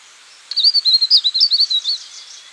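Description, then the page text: Verditer flycatcher song, a fast high-pitched warble of rolling, looping notes pouring out for about one and a half seconds before trailing away. "Verditer Flycatcher Song. Quick Sounds"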